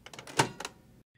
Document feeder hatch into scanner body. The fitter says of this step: Close the ADF hatch until it snaps into place.